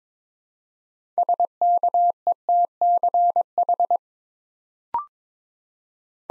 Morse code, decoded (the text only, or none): SKETCH